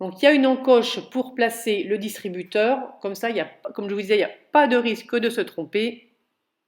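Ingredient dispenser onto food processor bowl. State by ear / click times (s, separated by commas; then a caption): not seated / none. An ingredient dispenser for a Cecotec Mambo Cooking Total Gourmet food processor is lined up with its notch and handled over the bowl while someone talks throughout. Nothing has seated or clicked yet; the clip ends just before the dispenser goes home onto the bowl.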